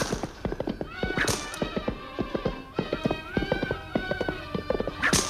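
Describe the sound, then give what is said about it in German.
Hooves clip-clop in a steady, quick trotting rhythm as several ridden donkeys move along the left bank of the Nile, with a couple of brief high braying or whinnying calls breaking in over the hoofbeats. “Im gedämpften Eselsgalopp ritten wir am linken Nilufer entlang, vorbei an den berühmten Memnonsäulen und den ebenso berühmten Tempeln von Medinet, Habu und Deir el-Bahri.”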